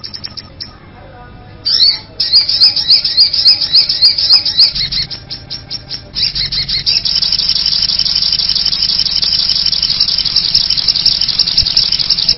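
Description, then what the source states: Little spiderhunter calling: after a brief faint start, bursts of rapid high chirps follow quickly, then give way to an unbroken harsh high-pitched buzzing wash. Bird-luring recording, known locally as pikatan.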